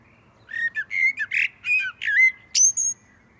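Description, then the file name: Common blackbird song: a string of mellow whistled and squeaky notes with quick pitch bends, ending in a higher thin whistle, against a quiet background. "Turdus merula"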